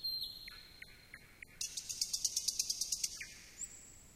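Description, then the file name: Common Nightingale song with a high whistle and a few clipped notes, then a fast rattling series of many sharp repeated notes, ending in a rising whistle. "Slowik"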